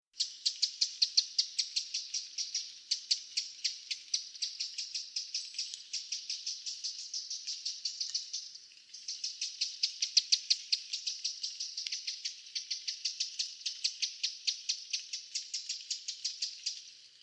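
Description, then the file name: Eurasian wren calling with a fast, steady series of dry, high ticking notes, almost continuous throughout with a brief break near eight seconds. "Troglodytes troglodytes"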